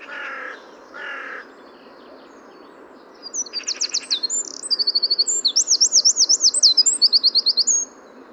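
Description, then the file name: Eurasian wren: two low buzzy notes come first, then the Eurasian wren sings a long, explosive sequence of high, rapid trills and rattles lasting about four and a half seconds. "Troglodytes troglodytes"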